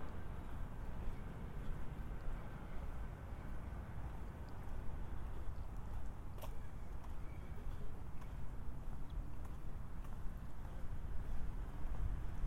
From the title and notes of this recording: Harbor to Apartment. A binaural recording of a walk from the San Diego County Admin Building to my apartment in Golden Hill.